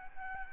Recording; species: mosquito wingbeat signal from an infrared sensor; Aedes albopictus